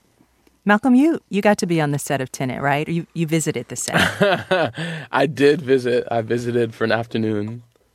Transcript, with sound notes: Malcolm, you got to be on the set of "Tenet," right? You visited the set.
(Laughter) I did visit. I visited for an afternoon.